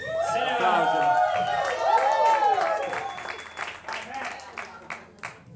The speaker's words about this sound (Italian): È un grande. Un applauso anche a